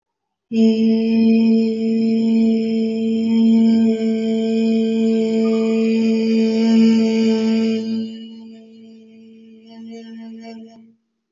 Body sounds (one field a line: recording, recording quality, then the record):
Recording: sustained vowel as in made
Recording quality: excellent, no background noise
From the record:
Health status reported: healthy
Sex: female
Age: 31 years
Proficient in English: yes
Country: India